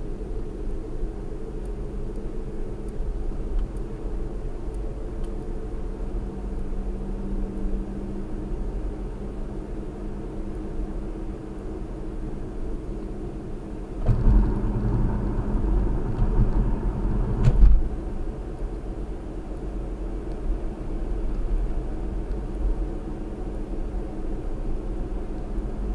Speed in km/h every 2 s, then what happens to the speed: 48, 50, 52, 53, 55, 56, 56, 56, 60, 60, 60, 60, 58.
0-16 speeds up to 60. 16-26 steady at about 60.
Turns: none.